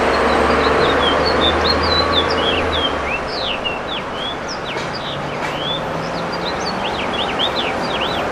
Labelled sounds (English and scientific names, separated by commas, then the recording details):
House Finch (Haemorhous mexicanus) song
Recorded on Long Island, New York, on 21 June 2011
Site IT
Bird B